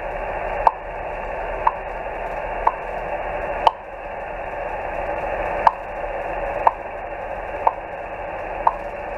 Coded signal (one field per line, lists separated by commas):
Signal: radio time signal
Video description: Time signals are used to correct vessel chronometer time